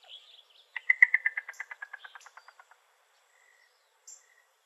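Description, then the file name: Yellow-billed cuckoo giving a rapid wooden series of clucking notes that slow and drop slightly in pitch over about two seconds, with a few faint bird chirps. Arizona. "YBCU 2 Deviche"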